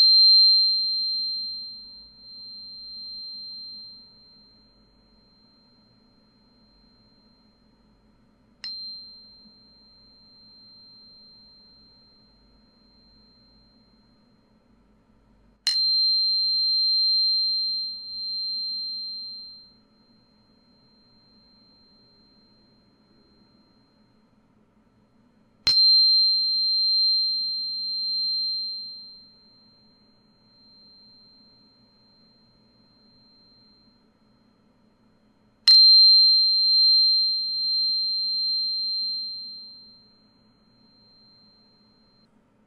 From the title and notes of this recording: 音叉療癒 淨化心靈 Tuning Fork(OM136.1HZ&4096HZ) No Talking.